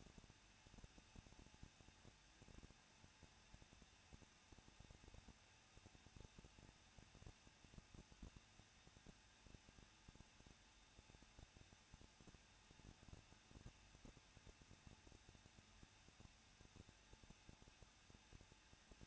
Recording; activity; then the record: daily activity, microphone in the room; no activity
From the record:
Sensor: 2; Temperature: 21.0 degrees Celsius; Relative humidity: 37.4%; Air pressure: 1006.1 hPa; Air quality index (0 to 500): 222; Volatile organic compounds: 24 ppm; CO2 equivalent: 2810 ppm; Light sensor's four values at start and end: 2/3/2/2 and 2/3/2/2